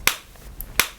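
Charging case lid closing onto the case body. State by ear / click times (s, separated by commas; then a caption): seated / 0.1 s, 0.8 s. A Soundcore R100 earbud charging case has its plastic magnetic lid closed onto the case body twice. Sharp, bright clicks come at 0.1 s and 0.8 s, with a faint higher tick at about 0.6 s, as the lid snaps shut with a satisfying click each time.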